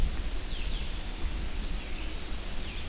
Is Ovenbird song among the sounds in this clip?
no